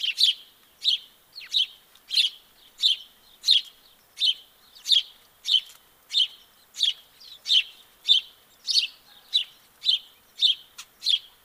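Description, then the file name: House sparrow chirping steadily: many harsh, rasping chirps in a row, about every two-thirds of a second, evenly paced and strong. "Passer domesticus"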